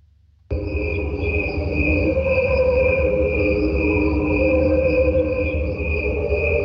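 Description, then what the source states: Crickets slowed down: after half a second of silence, steady sustained tones enter, a high ringing band over lower humming layers, with soft pulsing throughout. Crickets slowed down electronically, heard together with crickets at normal speed; the slowed crickets sound like angels underwater.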